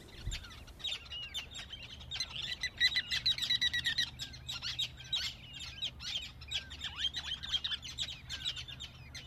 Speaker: Ja toukokuun puolivälin jälkeen lähes kaikki karikukkomme tiukuttavat taas kiihtyneen oloisena lyhyellä kesävierailullaan meidän ilonamme.